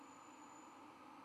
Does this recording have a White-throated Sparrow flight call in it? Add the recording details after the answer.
no. No flight call is heard. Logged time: 00:29 on 12 November 2014